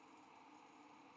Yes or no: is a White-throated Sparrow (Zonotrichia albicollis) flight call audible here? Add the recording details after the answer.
no. No flight call is heard. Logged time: 08:04 on 5 December 2014